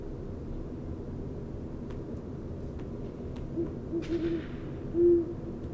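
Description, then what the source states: Great horned owl hooting: a quick run of low, soft hoots, then a single longer, louder hoot, with scattered sharp clicks and cracks over a steady low rumble. Calling for over an hour near west Dyke Marsh, about 2:20am Tuesday 16 February 2016; just above freezing, snow and ice falling off branches; Fostex FR-2, Sennheiser ME 62, Telinga parabola.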